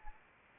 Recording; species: mosquito wingbeat signal from an infrared sensor; Anopheles arabiensis